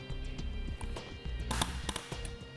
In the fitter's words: Again, you're going to hear these 3 audible clicks just so you don't over tighten this on your roof rack.